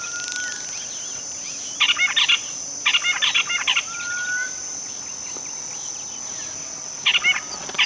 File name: Sound Ideas - West Africa Country with Intense Birds Singing